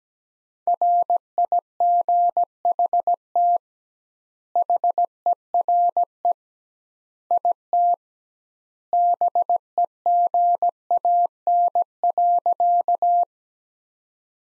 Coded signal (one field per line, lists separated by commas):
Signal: Morse code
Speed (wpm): 17 wpm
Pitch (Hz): 700 Hz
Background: none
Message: RIGHT HERE IT BEGAN.